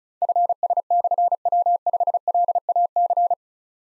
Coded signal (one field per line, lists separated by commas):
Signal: Morse code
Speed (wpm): 36 wpm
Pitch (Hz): 700 Hz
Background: none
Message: FS/W5LAC